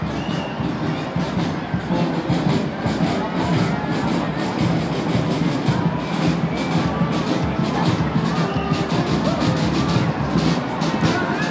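A children's parade goes by amid a dense, steady wash of cheering and chattering voices. Sharp bright bursts, like shouts and claps, rise out of the noise every second or so, and a low rumble holds underneath throughout.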